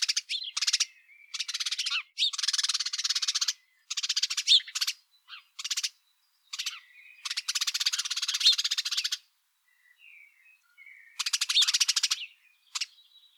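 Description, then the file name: House sparrow chattering in many dense bursts of repeated chirps, broken by brief pauses and a few thin softer notes. "Passer domesticus"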